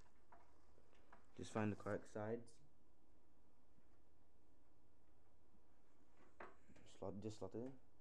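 A computer component, likely a cable connector, is lined up on its correct side and handled toward its socket on the build while someone talks, with faint brief handling knocks near 1.1 s and 6.4 s. Nothing has seated or clicked yet.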